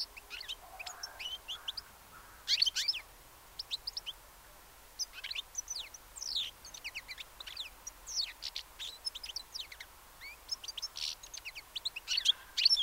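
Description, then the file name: European goldfinch calls: bursts of bright, twittering high notes repeated irregularly through the recording, with faint background noise. "Carduelis carduelis"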